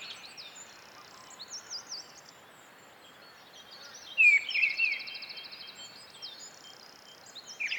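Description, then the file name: Mistle thrush gives one loud warbled, whistled phrase midway, with high thin twittering throughout. "British Library - Mistle Thrush Turdus viscivorus"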